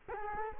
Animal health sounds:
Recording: mosquito wingbeat signal from an infrared sensor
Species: Culex quinquefasciatus

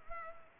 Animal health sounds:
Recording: mosquito wingbeat signal from an infrared sensor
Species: Culex pipiens

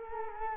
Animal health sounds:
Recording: mosquito wingbeat signal from an infrared sensor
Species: Culex quinquefasciatus

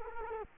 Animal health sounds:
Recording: mosquito wingbeat signal from an infrared sensor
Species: Culex quinquefasciatus

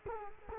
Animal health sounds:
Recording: mosquito wingbeat signal from an infrared sensor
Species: Culex quinquefasciatus

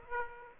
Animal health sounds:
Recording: mosquito wingbeat signal from an infrared sensor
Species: Aedes aegypti

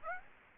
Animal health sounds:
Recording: mosquito wingbeat signal from an infrared sensor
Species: Aedes aegypti

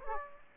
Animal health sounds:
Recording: mosquito wingbeat signal from an infrared sensor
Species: Aedes aegypti

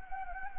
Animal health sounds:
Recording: mosquito wingbeat signal from an infrared sensor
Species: Anopheles gambiae

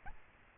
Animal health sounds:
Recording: mosquito wingbeat signal from an infrared sensor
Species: Aedes albopictus

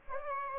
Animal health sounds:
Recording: mosquito wingbeat signal from an infrared sensor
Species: Aedes aegypti

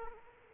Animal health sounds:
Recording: mosquito wingbeat signal from an infrared sensor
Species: Aedes aegypti

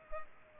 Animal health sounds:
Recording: mosquito wingbeat signal from an infrared sensor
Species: Culex pipiens

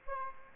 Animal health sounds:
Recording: mosquito wingbeat signal from an infrared sensor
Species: Aedes aegypti

